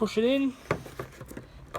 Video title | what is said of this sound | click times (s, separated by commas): Holden Commodore VY Head Light 02~04 Fitting / Installation Instructions | twist. That's now locked into place. | 1.8 s